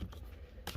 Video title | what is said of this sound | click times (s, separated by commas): Chevy Sonic shifter cables adjustment (6spd manual) | rotate it to its natural position clicks in place | 0.7 s